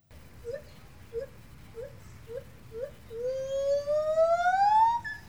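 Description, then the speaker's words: White-handed gibbon territorial call: five short hooting notes, then one long whooping note that climbs steadily in pitch. Two white-handed gibbons, a father and daughter, recorded by researchers at a zoo, giving territorial calls to protect their turf though no other gibbons are present; innate behaviour. "It's two white-handed gibbons protecting their turf with a territorial call."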